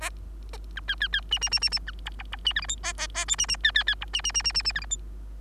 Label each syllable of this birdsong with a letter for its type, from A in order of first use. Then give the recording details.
A B C C C D D D D D B E E E D F G H A A A I D D C C C E D D D D D D F G H. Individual Bird3